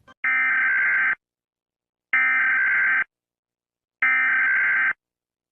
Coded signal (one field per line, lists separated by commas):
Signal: Emergency Alert System (SAME) tones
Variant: header bursts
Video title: rating EAS alarms